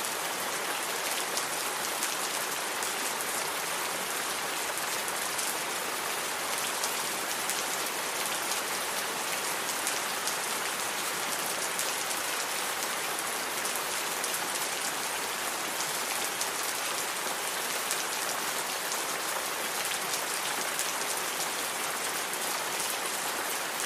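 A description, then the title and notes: Rain falls steadily and heavily, a dense, even hiss of countless drops striking a surface with no pauses or swells across the whole stretch. The sound sits bright, with little low rumble and no other sounds breaking through. Satisfying Rain Sounds.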